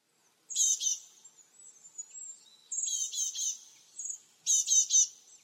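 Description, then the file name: Great tit calling: three bursts of harsh scolding chatter, each made of a few grating notes, with thin high notes between the bursts. "Parus major"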